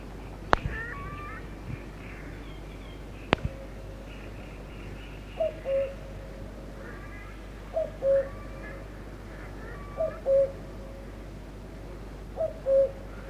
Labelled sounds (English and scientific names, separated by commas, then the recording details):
Common Cuckoo (Cuculus canorus)
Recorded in the wild
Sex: male
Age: adult
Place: Petershain, Niederlausitz, Sachsen, DE
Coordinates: 51.3167, 14.7514
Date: 1962-06-08
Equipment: Grundig TK 1 Luxus
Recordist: Meyer, Hugo